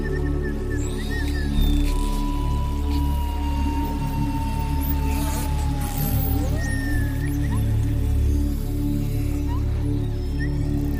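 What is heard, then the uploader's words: Underwater dolphin sounds over a steady, dense low rumble that never lets up. A long, thin whistle glides slowly downward from about two to six seconds, with shorter rising whistles, squeaks and scattered high clicks around it, more clustered near five to seven seconds. Dolphins & Whales.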